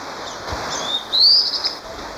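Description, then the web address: Fulvous-breasted flatbill call: a high, thin upslurred note with fainter notes around it, over a steady hiss. Ecuador. "S America Birds of Ecuador. Fulvous-Breasted Flatbill"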